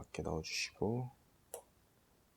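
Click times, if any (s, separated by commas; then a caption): 1.5 s. An iPhone 5s home button flex cable connector is pressed onto its board socket in the phone housing during a housing swap. Someone talks first, then a single sharp click at 1.5 s shows the connector has seated.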